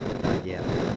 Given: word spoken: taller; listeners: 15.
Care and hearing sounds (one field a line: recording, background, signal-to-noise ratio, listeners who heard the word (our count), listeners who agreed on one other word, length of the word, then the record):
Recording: one Spanish word in noise, from a listening test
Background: noise modulated by three-talker babble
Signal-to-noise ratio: -7.8 dB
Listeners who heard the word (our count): 1 of 15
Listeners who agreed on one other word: 9 of 15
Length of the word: 0.56 s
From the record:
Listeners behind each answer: 9, 3, 1, 1, 1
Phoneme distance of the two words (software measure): 7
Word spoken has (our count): 2 syllables, 5 phonemes, stress on syllable 2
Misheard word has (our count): 2 syllables, 4 phonemes, stress on syllable 2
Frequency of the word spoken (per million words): 27.01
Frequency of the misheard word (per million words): 552.64